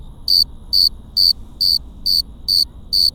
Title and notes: Grillos cercanos en el cerro gordo. Lomas del Madrono, Lomas del Campestre, Gto., Mexico. Close to some crickets at Cerro Gordo in Leon, Guanajuato. Mexico. I made this recording on April 18th, 2019, at 9:19 p.m